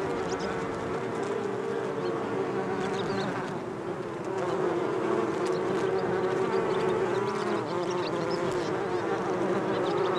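Bee buzzing, a sustained humming drone, slightly quieter at first, then steadier and fuller.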